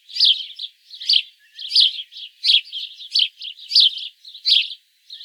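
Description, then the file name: House sparrow chirping, a steady run of short harsh chirps about one to two per second, some doubled, with no other sounds. "Passer domesticus"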